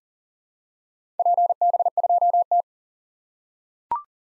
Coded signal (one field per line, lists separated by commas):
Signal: Morse code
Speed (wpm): 40 wpm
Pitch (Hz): 700 Hz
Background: none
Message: PB2T